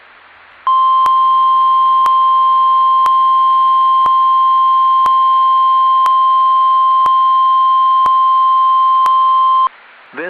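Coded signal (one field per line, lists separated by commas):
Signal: Emergency Alert System (SAME) tones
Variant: 1050 Hz attention tone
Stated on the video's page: EAS required weekly test from NOAA weather radio station Toledo on 162.500 MHz, transmitter in Holland, Ohio, recorded in Lucas County.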